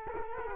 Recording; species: mosquito wingbeat signal from an infrared sensor; Culex quinquefasciatus